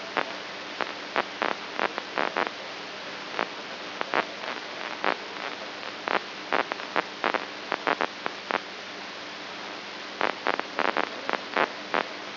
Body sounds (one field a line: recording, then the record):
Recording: brain microelectrode recording played as sound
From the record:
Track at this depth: inside the subthalamic nucleus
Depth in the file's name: 4.715 mm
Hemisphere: right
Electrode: 2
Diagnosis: Parkinson's disease